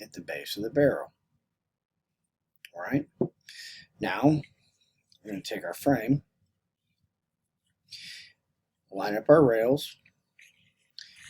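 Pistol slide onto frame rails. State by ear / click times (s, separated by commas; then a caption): not seated / none. Someone talks while picking up the polymer pistol frame of a Glock 44 and lining up the metal slide with the frame rails. Only brief handling taps and clicks are heard between the words, and the slide has not yet seated or clicked onto the rails.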